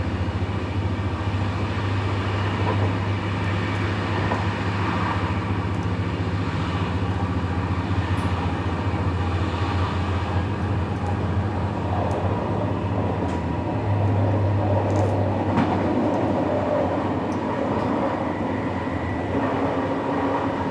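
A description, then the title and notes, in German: Inside a train compartment on an evening ride, a steady low rumble and rattle of the tracks runs throughout at an even level. Faint clicks and small knocks surface every few seconds, with a brief heavier thud around fifteen seconds; no voices are heard. Abendliche Zugfahrt, ratternde Gleise. Rattern einer abendlichen Zugfahrt, kaum Menschen und viel Stille im Abteil.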